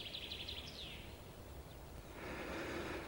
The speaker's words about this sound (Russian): Вечер-то какой. Не ветерка. Только жаворонки в небе. А небо как зеркало. Странно. В августе и жаворонки. А может быть, это какие-то другие птицы.